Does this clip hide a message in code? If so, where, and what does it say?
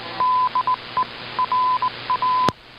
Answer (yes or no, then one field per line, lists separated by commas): yes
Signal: Morse code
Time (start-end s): 0.2-2.5 s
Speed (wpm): 18 wpm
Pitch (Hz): 1010 Hz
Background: none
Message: DERA